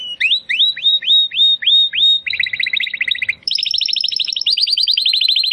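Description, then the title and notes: Domestic canary song: a run of loud, downslurred whistled notes about three per second, then a fast rattling trill, ending in a high, even, buzzy trill. Belgian canary (Canário Belga), titled 'Campainha' (bell), singing. "Canário Belga Campainha Canary Singing. Canario Belga Cantando"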